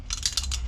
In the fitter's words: it clicks over